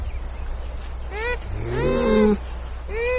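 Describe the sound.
Beaver whining cries, brief arched squeals and a longer harmonic whine, over a constant low hum.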